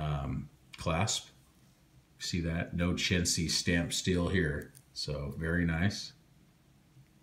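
Someone talks while handling the stainless steel deployant clasp on the bracelet of a Seiko SBDC051 62MAS reissue watch, moving it toward its buckle to close it. The clasp has not snapped shut yet, and nothing has seated or clicked.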